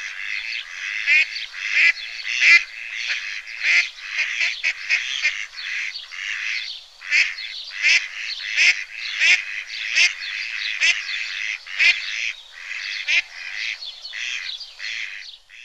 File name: germano reale